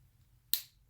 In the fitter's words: snap means that air is not gonna get in there your markers gonna last longer